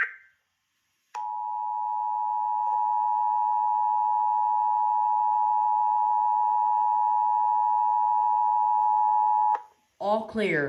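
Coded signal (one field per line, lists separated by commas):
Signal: Emergency Alert System (SAME) tones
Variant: 853 and 960 Hz attention tone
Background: speech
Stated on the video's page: Fictional EAS scenario.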